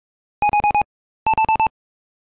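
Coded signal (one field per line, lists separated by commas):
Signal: none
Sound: a game's beeps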